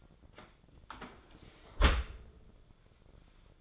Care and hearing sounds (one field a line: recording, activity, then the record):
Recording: daily activity, microphone in the room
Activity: close dishwasher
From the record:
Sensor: 5